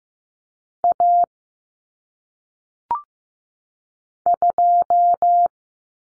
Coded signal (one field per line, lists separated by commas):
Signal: Morse code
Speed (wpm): 15 wpm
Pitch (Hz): 700 Hz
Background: none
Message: A 2